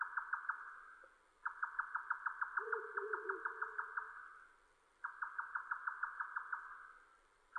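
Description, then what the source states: Grey nightjar giving fast, evenly spaced chuck notes in long runs separated by short pauses. Recorded 7 May 2005.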